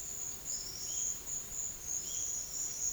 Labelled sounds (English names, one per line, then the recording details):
none
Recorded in secondary vegetation near Puerto Asís, Putumayo, Colombia, on 13 March 2025 at 13:00
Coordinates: 0.488, -76.319
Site G095